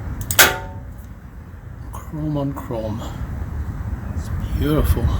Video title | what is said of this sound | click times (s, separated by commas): How to Replace / Install / Undercoat Rear Bumper on 1997-2003 (or 2004 Heritage) F-150 | same thing here snaps right in | 0.3 s